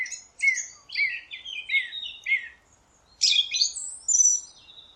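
Song thrush singing a short, downward-sweeping whistled phrase several times in quick succession, then switching to two scratchy, complex high phrases.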